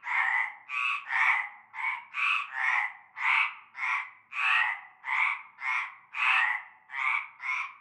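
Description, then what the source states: Frog chorus: many coarse, nasal croaks from more than one caller, in a throbbing rhythm. Chorus heard from nightfall in a large concrete basin with a shallow layer of stagnant greenish water, Avenue Cante Coucou, Groupède, La Ciotat, Bouches-du-Rhône, France.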